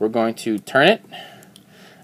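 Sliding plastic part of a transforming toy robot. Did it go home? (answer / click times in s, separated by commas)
yes / 1.6 s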